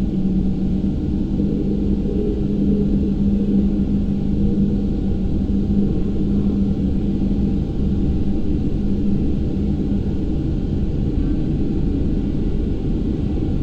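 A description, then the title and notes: A bus runs at a constant pace on the upper deck, a steady deep rumble with a humming engine tone that wavers slightly throughout. Bus - Interior - Constant Run, Upper Deck.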